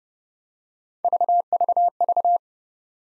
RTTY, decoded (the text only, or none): none